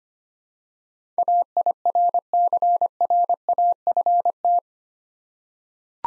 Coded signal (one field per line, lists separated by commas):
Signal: Morse code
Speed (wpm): 25 wpm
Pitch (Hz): 700 Hz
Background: none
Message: AIRCRAFT